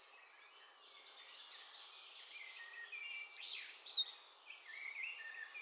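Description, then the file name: Eurasian blue tit calling: a quick run of about five thin, high notes, each sliding downward, among soft background chirping. "Cyanistes caeruleus"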